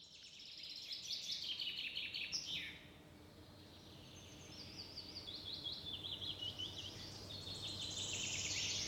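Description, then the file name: Common chaffinch song: a bright descending trill ending in a quick flourish, followed by a second long trilled phrase, with background hiss. "Fringilla coelebs"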